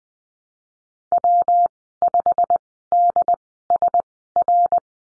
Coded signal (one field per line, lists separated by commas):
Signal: Morse code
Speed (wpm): 20 wpm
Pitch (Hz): 700 Hz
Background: none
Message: W5DSR